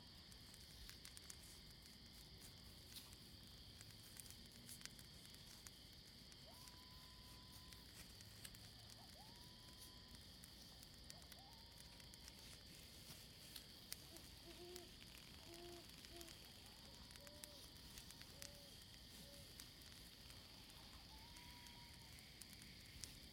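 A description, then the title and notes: A campfire crackles steadily throughout, with dense, fine snaps and pops over a soft hiss and a constant high whine. From about six seconds on, short whistled or hooting bird calls repeat every second or two, some in quick pairs around fifteen seconds. The soothing sounds of a campfire.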